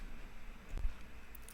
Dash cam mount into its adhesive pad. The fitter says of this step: refitting is just the reverse of removal slide it back in and it clicks into place